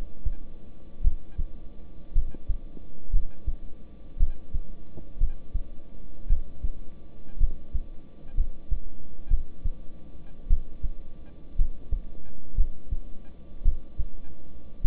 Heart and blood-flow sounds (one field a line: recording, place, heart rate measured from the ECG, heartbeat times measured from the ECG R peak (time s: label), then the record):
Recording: heart sounds by stethoscope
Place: between the tricuspid and mitral areas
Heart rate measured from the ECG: 57 bpm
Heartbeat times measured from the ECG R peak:
1.02 s: heartbeat
2.13 s: heartbeat
3.11 s: heartbeat
4.17 s: heartbeat
5.18 s: heartbeat
6.27 s: heartbeat
7.38 s: heartbeat
8.35 s: heartbeat
9.28 s: heartbeat
10.47 s: heartbeat
11.56 s: heartbeat
12.55 s: heartbeat
13.63 s: heartbeat
14.81 s: heartbeat
From the record:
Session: rest, lying down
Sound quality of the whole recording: good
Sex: male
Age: 26 years